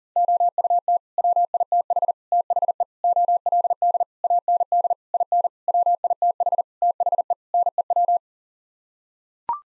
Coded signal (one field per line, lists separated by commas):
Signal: Morse code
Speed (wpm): 40 wpm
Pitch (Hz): 700 Hz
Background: none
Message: OUT WITH THE OLD AND IN WITH THE NEW